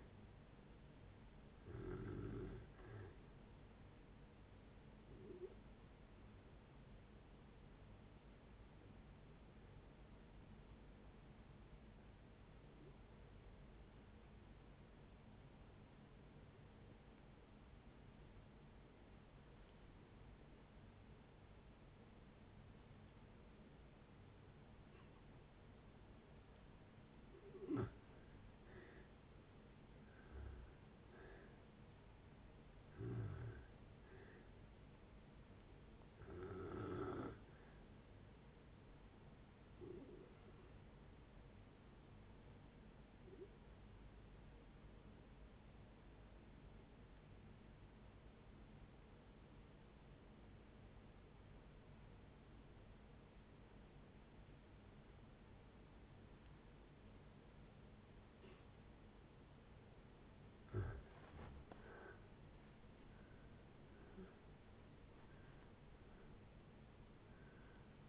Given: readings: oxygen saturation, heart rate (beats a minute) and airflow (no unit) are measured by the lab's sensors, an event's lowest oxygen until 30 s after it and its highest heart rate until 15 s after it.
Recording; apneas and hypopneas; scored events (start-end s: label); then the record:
breathing in sleep by a voice recorder at the bedside; 2
7.00-29.00 s: hypopnea (N1, oxygen 97% highest, then 83% lowest)
12.00-68.09 s: new sleep stage, N2 (light sleep)
38.00-61.30 s: hypopnea (N2, oxygen 96% highest, then 83% lowest)
From the record:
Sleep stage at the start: N1 (lightest sleep); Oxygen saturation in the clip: 83 to 97%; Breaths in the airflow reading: 11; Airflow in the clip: -7.8 to 11.7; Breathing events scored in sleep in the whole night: 496 in 5.4 hours asleep